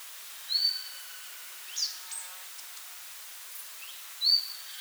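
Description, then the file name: Marsh Tit giving two brief, thin whistled notes about four seconds apart, with faint soft sounds between them against a quiet background hiss. "Poecile palustris"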